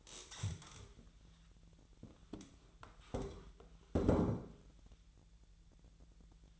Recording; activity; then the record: daily activity, microphone in the room; stand up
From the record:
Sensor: 3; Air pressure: 1001.8 hPa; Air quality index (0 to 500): 247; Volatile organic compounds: 127 ppm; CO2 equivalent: 3912 ppm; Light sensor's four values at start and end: 10/23/9/10 and 9/21/9/9